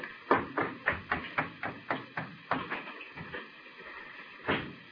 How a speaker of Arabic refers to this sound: أسمعتي؟ إنه هو، لنفتح له الباب.